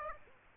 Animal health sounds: mosquito wingbeat signal from an infrared sensor; Aedes aegypti

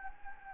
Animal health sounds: mosquito wingbeat signal from an infrared sensor; Anopheles gambiae

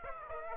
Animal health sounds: mosquito wingbeat signal from an infrared sensor; Aedes aegypti

